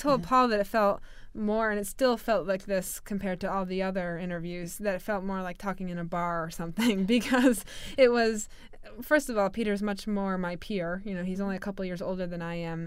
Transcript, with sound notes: I told Paul that it felt more, and still felt like this compared to all the other interviews, that it felt more like talking in a bar or something (she laughs) because it was, first of all Peter is much more my peer, you know, he's only a couple years older than I am.